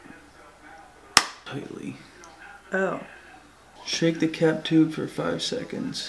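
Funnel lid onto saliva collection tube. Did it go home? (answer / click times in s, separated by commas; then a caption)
yes / 1.2 s. The plastic funnel lid on a DNA-kit saliva collection tube is pressed closed and snaps shut with one sharp click at 1.2 s, seating the lid on the tube. Someone talks before and after the click.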